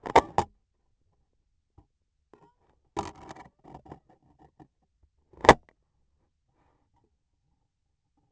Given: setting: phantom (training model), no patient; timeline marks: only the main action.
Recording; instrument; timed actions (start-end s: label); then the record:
laparoscopic instrument, vibration sensor on the handle end; scissors
5.09-5.86 s: cutting thread
From the record:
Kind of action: gesture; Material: cotton thread